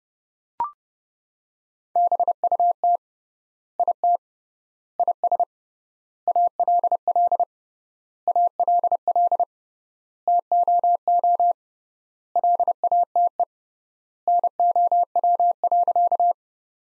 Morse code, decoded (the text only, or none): BUT IT IS ALL ALL TOO LATE NOW.